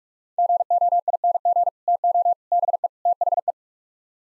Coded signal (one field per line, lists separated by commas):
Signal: Morse code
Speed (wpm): 36 wpm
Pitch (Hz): 700 Hz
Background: none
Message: GOING TO BE THE